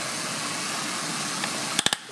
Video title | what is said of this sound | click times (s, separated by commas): NO HEAT: Ford Taurus Rusty Coolant Flush Procedure | nice and tight till it clicks | 1.8 s, 1.9 s